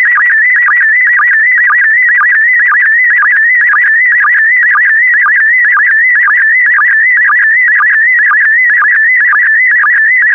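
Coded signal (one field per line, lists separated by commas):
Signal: SSTV (slow-scan television)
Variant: PD120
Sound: continuous warbling whistle around 2 kHz with rapid regular chirps dipping lower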